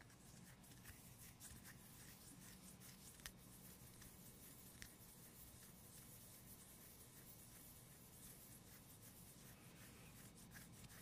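Gentle tapping and scratching in an ASMR style, a steady, dense run of soft rubbing strokes with frequent small bright ticks throughout. Two sharper taps stand out, one a little past three seconds and another near five, over a low continuous murmur.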